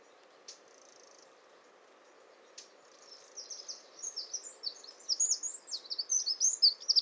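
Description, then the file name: Eurasian wren: two brief high notes, then a fast, strident series of sharp high notes that grows louder and continues to the end. "Troglodytes troglodytes"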